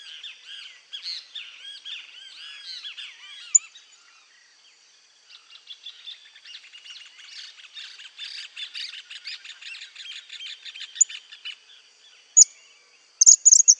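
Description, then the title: Cattle tyrant calling with squeaky, looping twitters, then a pause and a rapid sputtering series of high notes, ending in a few sharp, isolated chips. "LuckyPassaro Completos2Sama. Cattle Tyrant (Machetornis rixosa)"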